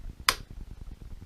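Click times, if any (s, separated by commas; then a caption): 0.3 s. The hammer of a Bavarian 1869 Werder rifle is pulled fully back, and the sear snaps into the full-cock notch with a single sharp click at 0.3 s. The sear is engaged in the normal groove and the rifle is ready to fire.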